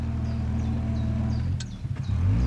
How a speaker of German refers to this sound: Ein Pierce Arrow. Schöner Wagen. Ich habe selber einen zu Hause in New York. Das Automobil kommt näher.